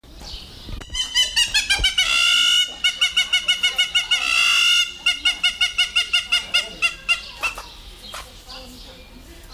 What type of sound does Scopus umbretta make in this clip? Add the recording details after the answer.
call. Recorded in captivity. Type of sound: call sequence. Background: Bubulcus ibis. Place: Tierpark Berlin, Berlin, DE. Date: 1997-06-28 17:49. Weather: 25°C, heiter. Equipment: Sony MD-WM MZ-R3, Sennheiser MKH 416 T, Kopie Uher 4000 Report Monitor. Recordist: Tembrock, Günter. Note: Rufreihe in der Kuhreiher-Aufnahme